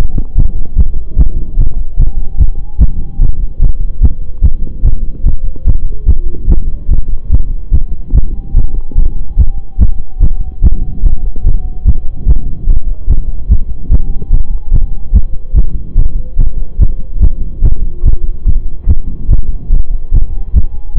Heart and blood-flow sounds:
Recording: heart sounds by stethoscope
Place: between the tricuspid and mitral areas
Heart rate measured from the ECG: 146 bpm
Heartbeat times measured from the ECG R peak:
0.36 s: heartbeat
0.77 s: heartbeat
1.17 s: heartbeat
1.58 s: heartbeat
1.98 s: heartbeat
2.39 s: heartbeat
2.79 s: heartbeat
3.20 s: heartbeat
3.60 s: heartbeat
4.02 s: heartbeat
4.43 s: heartbeat
4.84 s: heartbeat
5.24 s: heartbeat
5.66 s: heartbeat
6.07 s: heartbeat
6.48 s: heartbeat
6.89 s: heartbeat
7.31 s: heartbeat
7.72 s: heartbeat
8.14 s: heartbeat
8.55 s: heartbeat
8.96 s: heartbeat
9.38 s: heartbeat
9.79 s: heartbeat
10.21 s: heartbeat
10.62 s: heartbeat
11.04 s: heartbeat
11.45 s: heartbeat
11.86 s: heartbeat
12.27 s: heartbeat
12.67 s: heartbeat
13.08 s: heartbeat
13.49 s: heartbeat
13.90 s: heartbeat
14.31 s: heartbeat
14.72 s: heartbeat
15.13 s: heartbeat
15.55 s: heartbeat
15.96 s: heartbeat
16.38 s: heartbeat
16.79 s: heartbeat
17.21 s: heartbeat
17.63 s: heartbeat
18.04 s: heartbeat
18.46 s: heartbeat
18.88 s: heartbeat
19.29 s: heartbeat
19.71 s: heartbeat
20.12 s: heartbeat
20.54 s: heartbeat
20.96 s: heartbeat
From the record:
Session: pedaling a stationary bicycle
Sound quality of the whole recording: saturated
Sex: male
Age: 25 years

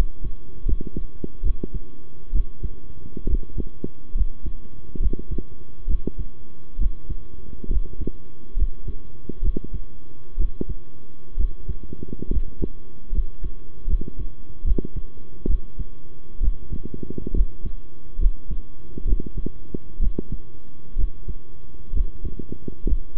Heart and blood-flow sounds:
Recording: heart sounds by stethoscope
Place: between the tricuspid and mitral areas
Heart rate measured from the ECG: 68 bpm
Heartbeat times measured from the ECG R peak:
0.65 s: heartbeat
1.43 s: heartbeat
2.32 s: heartbeat
3.26 s: heartbeat
4.14 s: heartbeat
4.99 s: heartbeat
5.87 s: heartbeat
6.78 s: heartbeat
7.69 s: heartbeat
8.56 s: heartbeat
9.42 s: heartbeat
10.37 s: heartbeat
11.37 s: heartbeat
12.30 s: heartbeat
13.12 s: heartbeat
13.87 s: heartbeat
14.64 s: heartbeat
15.47 s: heartbeat
16.40 s: heartbeat
17.33 s: heartbeat
18.18 s: heartbeat
19.05 s: heartbeat
19.99 s: heartbeat
20.96 s: heartbeat
21.93 s: heartbeat
22.85 s: heartbeat
From the record:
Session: rest, sitting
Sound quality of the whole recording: good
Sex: male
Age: 23 years

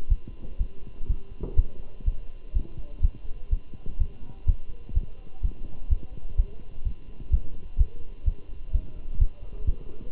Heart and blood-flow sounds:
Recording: heart sounds by stethoscope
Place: between the tricuspid and mitral areas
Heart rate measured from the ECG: 125 bpm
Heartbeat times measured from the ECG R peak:
0.11 s: heartbeat
0.60 s: heartbeat
1.10 s: heartbeat
1.58 s: heartbeat
2.07 s: heartbeat
2.56 s: heartbeat
3.03 s: heartbeat
3.52 s: heartbeat
4.01 s: heartbeat
4.48 s: heartbeat
4.96 s: heartbeat
5.44 s: heartbeat
5.91 s: heartbeat
6.39 s: heartbeat
6.86 s: heartbeat
7.33 s: heartbeat
7.79 s: heartbeat
8.27 s: heartbeat
8.75 s: heartbeat
9.21 s: heartbeat
9.68 s: heartbeat
From the record:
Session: Bruce protocol treadmill stress test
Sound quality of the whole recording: good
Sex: male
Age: 27 years

